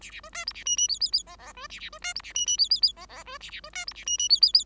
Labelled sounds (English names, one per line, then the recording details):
Bengalese Finch song
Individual Bird5